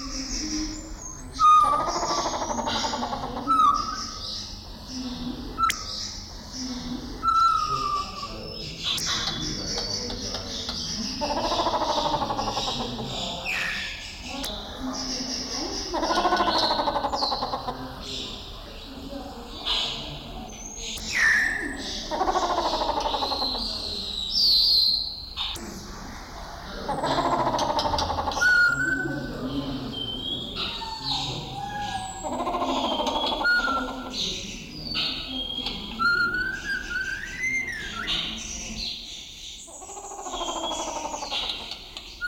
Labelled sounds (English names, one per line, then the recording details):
Grey Peacock-Pheasant
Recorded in captivity
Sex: male
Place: Zoo Berlin, Berlin, DE
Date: 1996-01-06 14:53
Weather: bedeckt, -4°C
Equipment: Sony WM-D6C, Sennheiser ME 80, Kopie Uher 4000 Report Monitor
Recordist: Tembrock, Günter